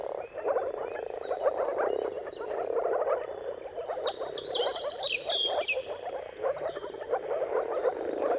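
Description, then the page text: Massed moor frogs give a constant low burbling chorus; in the middle, bright bird whistles and chirps rise over it. Mating calls of a moor frog chorus at sunrise, heard at the turn of March and April depending on the weather. "Jakub-Orzecki moor frogs. Dawn’s Chorus: Mating Calls of Marsh Frogs at Sunrise - wp.earth.fm. Depending on the weather at the turn of March and April, you can witness an amazing spectacle of moor frogs"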